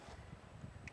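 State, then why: Seated. A plastic throttle body jumper harness plug from a VMP Gen 6 3.0 L supercharger kit is pressed firmly into the passenger-side factory throttle body connector on a 2024+ Mustang GT or Dark Horse. Over a low background rumble, a short sharp pop sounds at 0.9 s as the plug seats into the connector.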